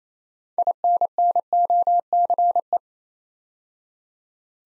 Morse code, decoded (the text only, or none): INNOCE